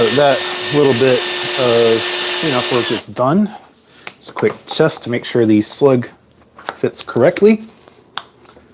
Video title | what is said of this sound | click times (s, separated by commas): Shop Talk #9: Drilling & Plugging Cont'd! | it does nice positive click and it is flush with the ball so | 8.2 s